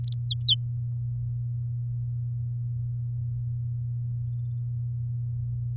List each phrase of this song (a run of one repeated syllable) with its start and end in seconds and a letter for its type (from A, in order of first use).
0.04-0.13 A, 0.22-0.55 B